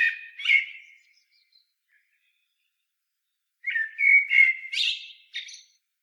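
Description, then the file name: Common blackbird singing mellow whistled phrases, a brief one at the start and a longer rolling one after a gap, each closing with a high scratchy flourish. "Turdus merula"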